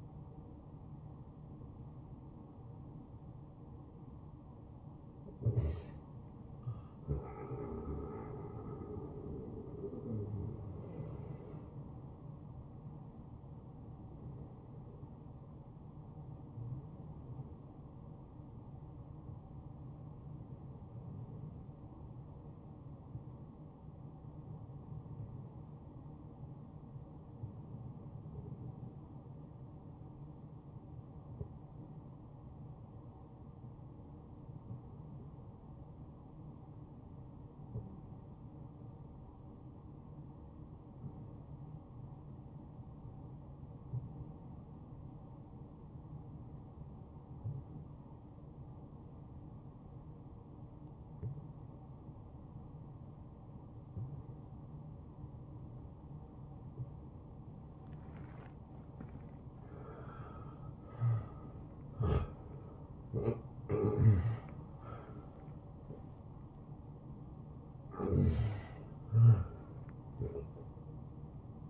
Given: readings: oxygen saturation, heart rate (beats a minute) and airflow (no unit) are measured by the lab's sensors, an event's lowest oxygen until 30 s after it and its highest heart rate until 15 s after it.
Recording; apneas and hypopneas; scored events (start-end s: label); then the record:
breathing in sleep by a smartphone at the bedside; 1
14.00-71.70 s: new sleep stage, N2 (light sleep)
15.00-59.60 s: hypopnea (N2, oxygen 96% highest, then 86% lowest, heart rate 70 at the start, 77 highest)
From the record:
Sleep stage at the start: N1 (lightest sleep); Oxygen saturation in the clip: 88 to 96%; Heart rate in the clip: 56 to 80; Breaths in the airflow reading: 17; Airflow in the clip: -14.3 to 8.9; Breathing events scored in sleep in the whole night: 263 in 5.5 hours asleep